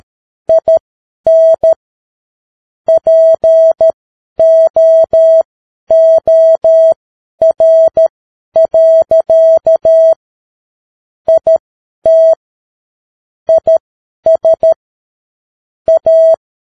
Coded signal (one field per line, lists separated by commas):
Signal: Morse code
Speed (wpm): 13 wpm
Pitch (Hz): 650 Hz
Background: none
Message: IN POOR. IT IS A